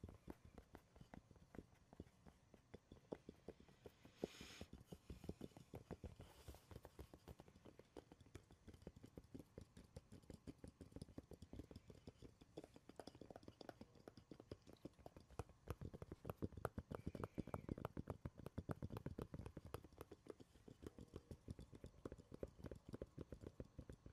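Rapid, dense tapping and scratching on wood, cork and cardboard runs throughout, with brief brighter scraping bursts near five and seven seconds.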